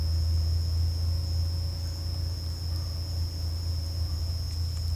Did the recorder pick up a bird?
no